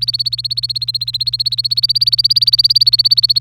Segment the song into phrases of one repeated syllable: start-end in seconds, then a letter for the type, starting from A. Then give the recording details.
0.00-3.40 A. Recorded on 27 April 2018 at 08:34. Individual llb3